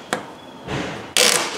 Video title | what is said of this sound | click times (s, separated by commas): Jeep Renegade: A/C Lines - Suction & Discharge | there she is now she's unclipped you heard it you know that's | 1.2 s